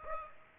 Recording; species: mosquito wingbeat signal from an infrared sensor; Aedes aegypti